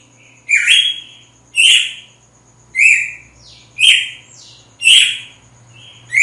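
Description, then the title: Red-cowled cardinal singing loud slurred whistles in quick phrases about a second apart, accompanied by a faint high tone and low hum. Female; sings strongly at dawn after the moult. "Canto Galo Campina Fêmea. GALO DE CAMPINA AÇOITA FORTE NA MADRUGADA DEPOIS DA MUDA"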